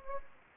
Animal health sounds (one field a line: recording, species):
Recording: mosquito wingbeat signal from an infrared sensor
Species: Anopheles gambiae